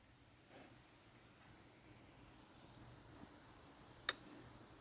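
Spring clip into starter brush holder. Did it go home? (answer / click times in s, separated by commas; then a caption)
yes / 4.1 s. While rebuilding a Yamaha golf cart starter, a spring clip in the metal brush holder is pushed until it snaps over its tab. After a low, steady background with a faint tick near 2.8 s, a single sharp, bright snap sounds at 4.1 s. The clip is seated in place.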